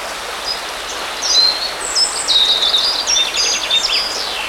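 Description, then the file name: Birds singing in a brief flurry of high whistles and trills after a quieter start, with a constant hiss behind. Birds by a river. "Nature Sounds - River Birds"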